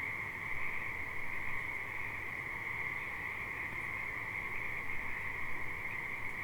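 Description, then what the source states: Many frogs calling together in an unbroken trilling chorus that holds steady throughout, with a soft low rumble beneath. Several frogs at the Alsea River.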